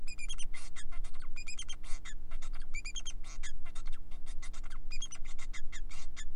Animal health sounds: song of a male Bengalese finch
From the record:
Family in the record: son of father 4

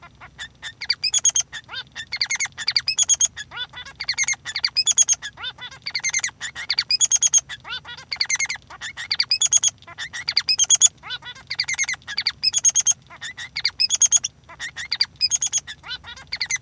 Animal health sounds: song of a male Bengalese finch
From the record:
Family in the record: son of father 3

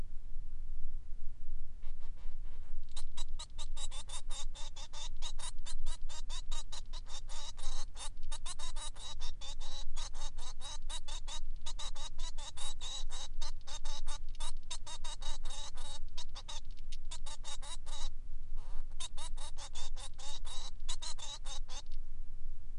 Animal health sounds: song of a male Bengalese finch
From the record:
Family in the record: son of father 3

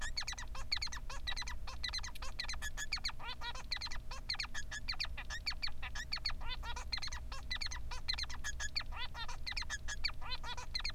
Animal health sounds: song of a male Bengalese finch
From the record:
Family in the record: son of father 3

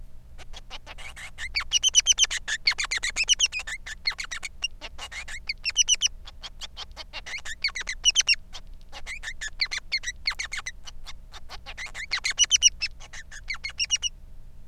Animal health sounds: song of a male Bengalese finch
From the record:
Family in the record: son of father 3

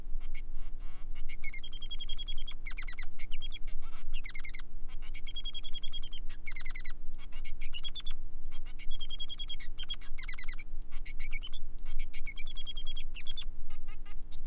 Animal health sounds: song of a male Bengalese finch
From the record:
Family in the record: son of father 3

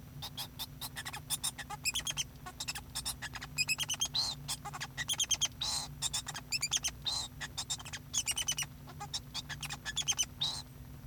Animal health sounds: song of a male Bengalese finch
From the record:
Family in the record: son of father 2

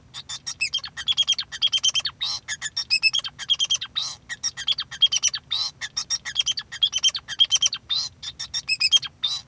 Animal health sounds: song of a male Bengalese finch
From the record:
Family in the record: son of father 2

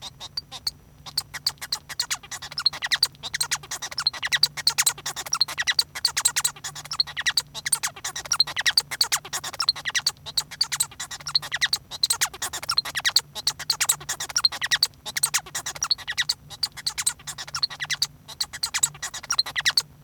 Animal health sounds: song of a male Bengalese finch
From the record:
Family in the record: son of father 1

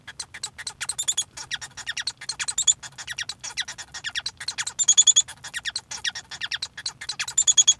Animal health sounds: song of a male Bengalese finch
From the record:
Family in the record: son of father 1

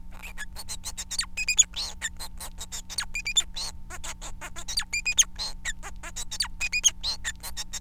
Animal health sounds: song of a male Bengalese finch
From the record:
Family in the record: son of father 4

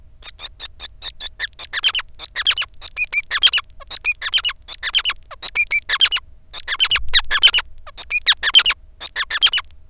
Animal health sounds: song of a male Bengalese finch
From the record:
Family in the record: son of father 5

